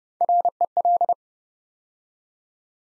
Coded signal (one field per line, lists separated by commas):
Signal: Morse code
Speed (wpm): 29 wpm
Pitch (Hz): 700 Hz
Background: none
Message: REL